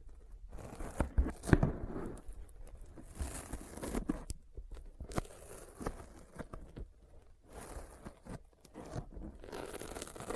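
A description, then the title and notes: Sticky finger sounds: wet, tacky peeling and crunchy clicks in irregular bursts, with brief quiet gaps and sharp snaps near two and five seconds. ASMR Intense Sticky Finger Sounds (No Talking).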